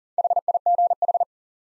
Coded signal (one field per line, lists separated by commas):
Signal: Morse code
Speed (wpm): 37 wpm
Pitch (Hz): 700 Hz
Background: none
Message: HIGH